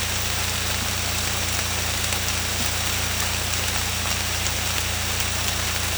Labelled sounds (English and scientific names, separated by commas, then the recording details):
none
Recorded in secondary vegetation near Puerto Asís, Putumayo, Colombia, on 18 December 2024 at 00:30
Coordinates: 0.485, -76.322
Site GP08